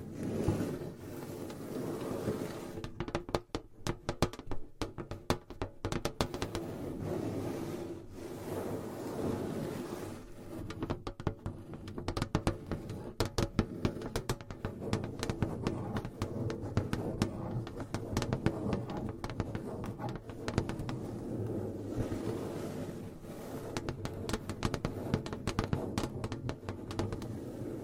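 Gentle tapping and scratching runs steadily throughout, a dense stream of small clicks and taps with a soft scraping texture underneath. Bursts of quick, sharper taps cluster around the 3–6 second mark and again near 11–14 seconds.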